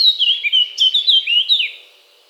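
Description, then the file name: Eurasian blackcap song, a brief rich warble of clear fluted notes and slurred twists that fades away after about a second and a half. "Sylvia atricapilla"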